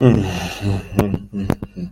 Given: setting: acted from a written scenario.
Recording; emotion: vocal sound without words; shame